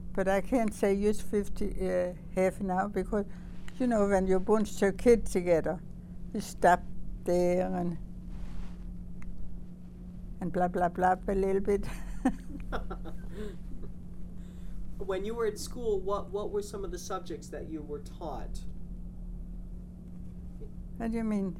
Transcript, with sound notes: But I can't say just fifty, uh, half an hour because, you know, when you're a bunch of kids together, you stop there and blah, blah, blah a little bit. (they laugh)
When you were in school, what, what were some of the subjects that you were taught?
What do you mean, eh?